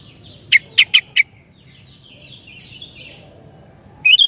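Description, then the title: Sooty-headed bulbul giving four quick, sharp chirps in a row, then a brief burst near the end, with soft chattering birds in the background. "kutilang"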